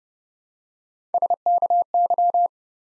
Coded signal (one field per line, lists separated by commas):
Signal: Morse code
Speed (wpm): 30 wpm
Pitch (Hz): 700 Hz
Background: none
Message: SKY